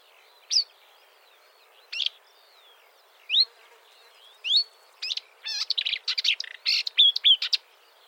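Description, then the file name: Marsh warbler singing: spaced sharp upslurred chirps, then a quick jumbled rush of varied high whistles and chattering notes. "suara kicauan burung marsh warbler. omkicau"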